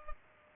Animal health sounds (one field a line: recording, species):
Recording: mosquito wingbeat signal from an infrared sensor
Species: Culex pipiens